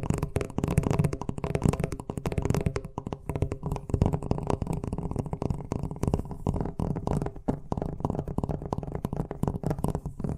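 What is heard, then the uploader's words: Fast tapping runs continuously for the whole clip, a dense, rapid patter of soft, low thuds with occasional sharper, brighter clicks. ASMR Braingasm Inducing Fast Tapping (No Talking).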